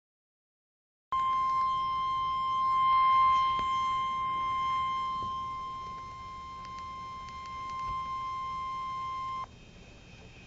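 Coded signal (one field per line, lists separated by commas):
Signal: Emergency Alert System (SAME) tones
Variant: 1050 Hz attention tone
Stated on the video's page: Real severe thunderstorm warning from a NOAA Weather Radio transmitter in Meridian, Mississippi.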